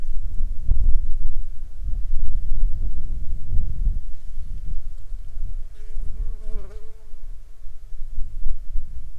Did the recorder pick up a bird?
no